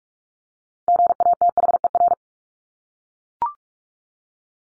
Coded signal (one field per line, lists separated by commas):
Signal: Morse code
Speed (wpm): 44 wpm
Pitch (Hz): 700 Hz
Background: none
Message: GATHER